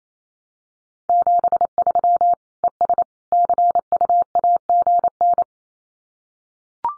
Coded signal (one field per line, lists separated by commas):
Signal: Morse code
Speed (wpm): 28 wpm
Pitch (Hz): 700 Hz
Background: none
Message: 73 ES CUAGN